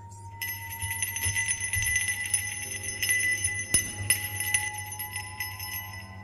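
A small bell jingles steadily for several seconds in the middle of the night, not very loud, its bright metallic ringing shimmering and struck again every so often, over a low steady hum. No one speaks.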